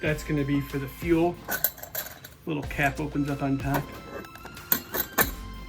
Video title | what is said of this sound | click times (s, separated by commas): Ooni Fyra Unboxing | It just slots, pops right in. | 4.7 s